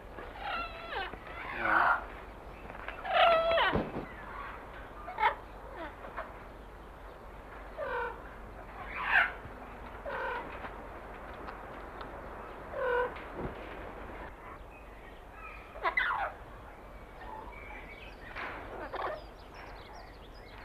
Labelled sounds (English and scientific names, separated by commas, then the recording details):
St. Lucia Amazon (Amazona versicolor) call
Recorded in captivity
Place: Zoo Jersey, GB
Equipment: Halbspur, 9,5 cm/s
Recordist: Lütgens, Hans